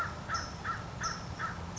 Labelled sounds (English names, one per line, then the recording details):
California Towhee
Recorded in Sonoma County, California